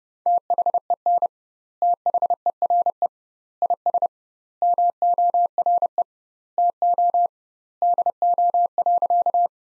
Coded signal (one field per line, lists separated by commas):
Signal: Morse code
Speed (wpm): 30 wpm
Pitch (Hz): 700 Hz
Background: none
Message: THEN THERE IS MORE TO DO.